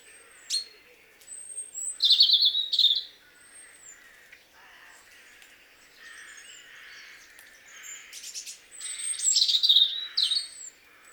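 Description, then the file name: European robin song: a bright twittering phrase early on, a long pause with soft faint notes, then another rich, high warbled phrase near the end. "Erithacus rubecula"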